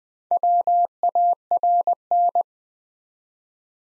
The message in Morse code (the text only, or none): WARN